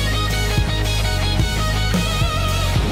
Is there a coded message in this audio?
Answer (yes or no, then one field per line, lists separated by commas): no